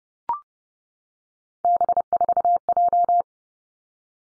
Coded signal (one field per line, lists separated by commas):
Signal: Morse code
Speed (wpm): 30 wpm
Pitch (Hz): 700 Hz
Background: none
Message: B4J